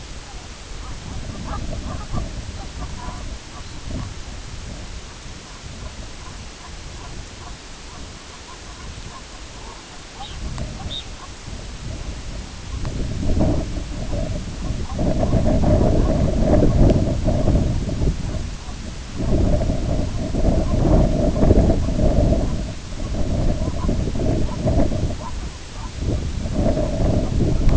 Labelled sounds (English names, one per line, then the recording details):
unidentified sound
Red Phalarope
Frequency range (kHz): Red Phalarope 2.5-4.4 kHz
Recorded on Arctic tundra, site IGLO-B, on 21 June 2018
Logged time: 07:59